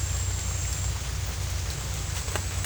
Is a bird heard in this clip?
no